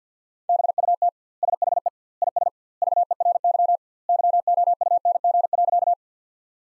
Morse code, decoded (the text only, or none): BUT SHE IS VERY YOUNG.